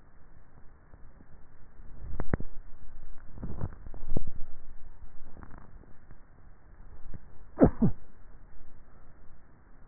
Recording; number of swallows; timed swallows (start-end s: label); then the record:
swallowing sounds by neck microphone; 1
3.15-4.05 s: swallow
From the record:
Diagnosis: dysphagia